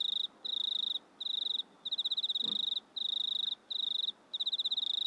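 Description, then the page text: Cricket chirps in fast repeated pulsed bursts, high-pitched and even, with a faint soft thump partway through. Crickets recorded at night in a country town in Australia, in stereo. "Insects Crickets Australian Night Loop Stereo. Sounds recorded at night in a country town"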